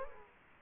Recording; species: mosquito wingbeat signal from an infrared sensor; Culex quinquefasciatus